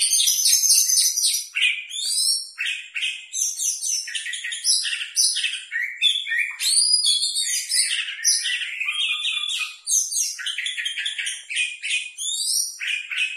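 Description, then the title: Oriental magpie-robin song, a dense stream of varied high chirps, trills and sweeping whistled notes in rapidly changing phrases with only brief pauses. "Kacer"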